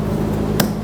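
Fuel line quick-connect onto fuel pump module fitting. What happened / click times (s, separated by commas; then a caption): The fuel line quick-connect clicked home / 0.6 s. A second quick-connect fuel line is pushed onto the fuel pump module fitting of a 2007-2014 Chevrolet Silverado 2500 HD during a fuel pump replacement. A short, sharp click sounds at 0.6 s over a steady low hum, and the connector is seated.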